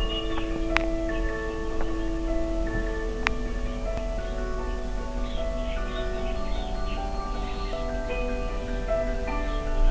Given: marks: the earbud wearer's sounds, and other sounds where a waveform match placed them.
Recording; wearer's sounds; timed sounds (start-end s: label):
sounds in sleep by an in-ear microphone; teeth grinding
0.00-3.70 s: teeth grinding